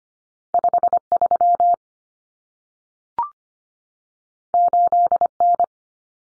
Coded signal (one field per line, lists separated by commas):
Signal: Morse code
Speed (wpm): 25 wpm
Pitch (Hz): 700 Hz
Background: none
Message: 53 8N